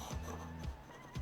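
A replacement interchangeable lens mount plate is lined up to its matching position and pressed onto a SIRUI Vision Prime 1 cine lens body, after the four screws were removed and the old mount section taken off. Soft handling noises over a steady low tonal hum are heard, with brief bursts at about 0.2, 0.7 and 1.2 seconds. The plate has not clicked into place or seated yet.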